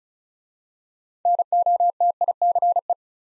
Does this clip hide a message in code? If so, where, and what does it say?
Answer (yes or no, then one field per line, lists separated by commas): yes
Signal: Morse code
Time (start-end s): 1.3-2.9 s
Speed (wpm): 36 wpm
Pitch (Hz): 700 Hz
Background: none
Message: NOTICE